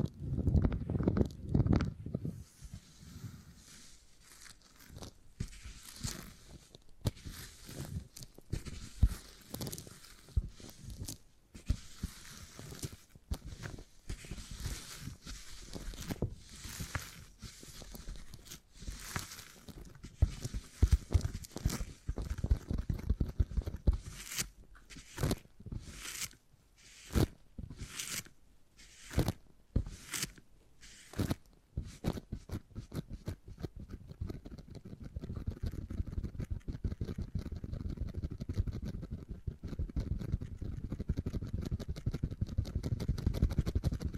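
Beeswax being handled in dense sticky crackles and taps, with rapid bursts of sharp clicks midway and heavier low rubbing toward the end.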